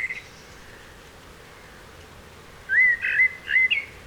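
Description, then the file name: Common blackbird song phrase: a brief whistle at the start, silence, then a quick run of fluty notes near the end. "Turdus merula"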